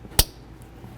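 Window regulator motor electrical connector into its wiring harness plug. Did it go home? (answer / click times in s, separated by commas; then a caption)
yes / 0.2 s. On a 2005-14 Ford Mustang, the window regulator motor's plastic electrical connector is pushed into its wiring harness plug and gives one sharp, bright click at 0.2 s against a quiet background. The connector is seated and locked, then given a tug to check it.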